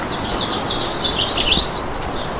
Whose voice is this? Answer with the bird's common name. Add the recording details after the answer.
House Finch. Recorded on Long Island, New York, on 26 June 2012. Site BW. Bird A